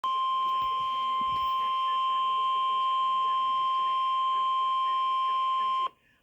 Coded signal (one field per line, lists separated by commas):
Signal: Emergency Alert System (SAME) tones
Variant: 1050 Hz attention tone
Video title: Severe thunderstorm warning eas#9